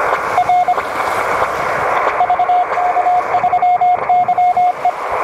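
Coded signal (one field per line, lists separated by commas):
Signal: Morse code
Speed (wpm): 25 wpm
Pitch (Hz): 720 Hz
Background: radio noise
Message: R VK3YE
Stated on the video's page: Pedestrian-mobile operation on 14 MHz in and out of salt water, including a ped-mobile CW contact.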